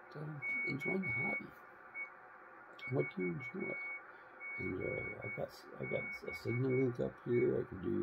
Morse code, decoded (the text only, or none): KE4GBE